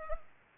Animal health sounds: mosquito wingbeat signal from an infrared sensor; Culex pipiens

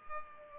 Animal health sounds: mosquito wingbeat signal from an infrared sensor; Culex pipiens

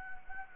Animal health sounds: mosquito wingbeat signal from an infrared sensor; Anopheles gambiae

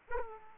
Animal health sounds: mosquito wingbeat signal from an infrared sensor; Aedes aegypti

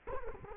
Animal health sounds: mosquito wingbeat signal from an infrared sensor; Culex quinquefasciatus

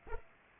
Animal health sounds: mosquito wingbeat signal from an infrared sensor; Aedes aegypti

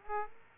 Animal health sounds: mosquito wingbeat signal from an infrared sensor; Aedes aegypti

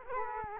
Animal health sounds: mosquito wingbeat signal from an infrared sensor; Culex quinquefasciatus

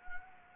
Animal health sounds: mosquito wingbeat signal from an infrared sensor; Anopheles gambiae

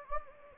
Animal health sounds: mosquito wingbeat signal from an infrared sensor; Anopheles gambiae

